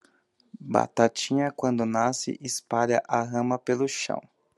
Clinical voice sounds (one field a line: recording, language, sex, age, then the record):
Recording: short text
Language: Brazilian Portuguese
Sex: male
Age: 30 to 39 years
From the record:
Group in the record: control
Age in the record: 33 years